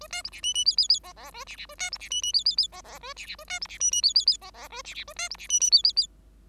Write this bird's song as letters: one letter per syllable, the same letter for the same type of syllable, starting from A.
A B C D E E F F F G G A D D A B C D E E F F F G G A D D A B C D E E F F F G G A D D A B C D E E F F F